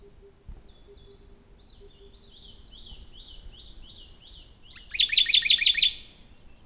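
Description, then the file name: Radde's warbler song: faint scattered chirps and downslurred notes, then one short, loud rapid trill near the end. "warbler-radde Phylloscopus-schwarzi"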